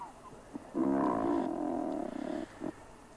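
Razorbill giving a long, deep, harmonic growl lasting nearly two seconds, slightly pulsed toward its end, followed by a brief shorter grunt.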